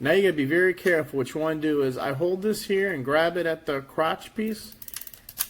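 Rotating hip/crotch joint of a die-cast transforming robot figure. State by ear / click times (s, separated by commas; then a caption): seated / 5.3 s, 5.4 s. Someone talks while holding a Transformers Generations G1 Titanium Series Rodimus Prime die-cast transforming robot figure at the crotch piece and rotating the leg section 180 degrees at the hip joint. Small taps follow near the end, and the joint clicks into place at 5.3 s and 5.4 s, seating it in position.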